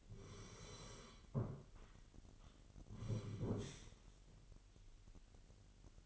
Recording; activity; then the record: daily activity, microphone in the room; sit down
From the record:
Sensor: 4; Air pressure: 999.3 hPa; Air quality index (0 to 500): 114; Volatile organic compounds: 2 ppm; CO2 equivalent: 1118 ppm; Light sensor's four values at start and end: 11/26/10/11 and 11/26/11/11